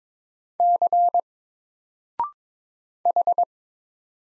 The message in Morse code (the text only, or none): C H